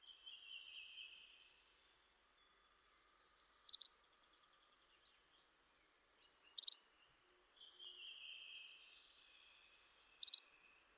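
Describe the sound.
Bird calls: three sharp, high double chirps a few seconds apart, with soft, lower trilling phrases before and between them.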